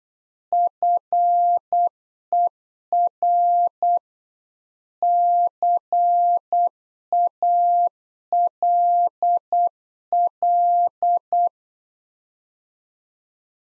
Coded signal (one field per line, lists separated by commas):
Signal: Morse code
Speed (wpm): 8 wpm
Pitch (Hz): 700 Hz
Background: none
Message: FER CALL